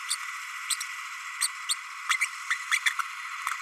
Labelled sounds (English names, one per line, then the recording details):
Green-rumped Parrotlet babbling
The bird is a male
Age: 30 days
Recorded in a nest box in Venezuela
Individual 17B32A6